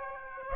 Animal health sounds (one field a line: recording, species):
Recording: mosquito wingbeat signal from an infrared sensor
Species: Aedes aegypti